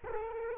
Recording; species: mosquito wingbeat signal from an infrared sensor; Culex quinquefasciatus